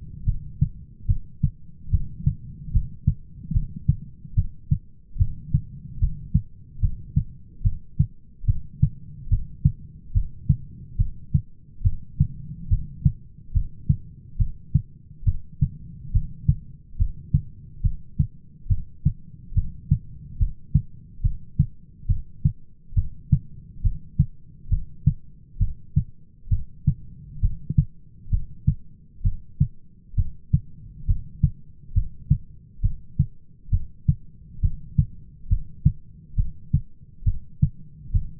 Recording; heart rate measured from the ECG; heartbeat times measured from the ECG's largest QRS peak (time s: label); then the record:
heart sounds by stethoscope; 70 bpm
0.27 s: heartbeat
1.09 s: heartbeat
1.92 s: heartbeat
2.74 s: heartbeat
3.55 s: heartbeat
4.37 s: heartbeat
5.20 s: heartbeat
6.01 s: heartbeat
6.82 s: heartbeat
7.65 s: heartbeat
8.48 s: heartbeat
9.31 s: heartbeat
10.15 s: heartbeat
10.99 s: heartbeat
11.85 s: heartbeat
12.71 s: heartbeat
13.55 s: heartbeat
14.39 s: heartbeat
15.26 s: heartbeat
16.14 s: heartbeat
16.99 s: heartbeat
17.84 s: heartbeat
18.70 s: heartbeat
19.56 s: heartbeat
20.40 s: heartbeat
21.24 s: heartbeat
22.09 s: heartbeat
22.96 s: heartbeat
23.84 s: heartbeat
24.71 s: heartbeat
25.60 s: heartbeat
26.51 s: heartbeat
27.42 s: heartbeat
28.32 s: heartbeat
29.25 s: heartbeat
30.17 s: heartbeat
31.08 s: heartbeat
31.95 s: heartbeat
32.83 s: heartbeat
33.72 s: heartbeat
34.63 s: heartbeat
35.50 s: heartbeat
36.37 s: heartbeat
37.26 s: heartbeat
38.14 s: heartbeat
From the record:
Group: heart failure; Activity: rest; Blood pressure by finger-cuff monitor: 123/90 mmHg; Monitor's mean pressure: 104 mmHg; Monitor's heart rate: 69 bpm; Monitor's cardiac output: 6.2 L/min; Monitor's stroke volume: 89 mL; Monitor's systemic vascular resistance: 1240 dyn s/cm5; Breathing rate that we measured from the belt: 17 breaths a minute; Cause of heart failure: idiopathic cardiomyopathy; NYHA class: 1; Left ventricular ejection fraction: 50%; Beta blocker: bisoprolol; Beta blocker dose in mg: 5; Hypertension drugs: candesartan, spironolactone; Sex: male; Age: 54 years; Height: 180 cm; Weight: 94.6 kg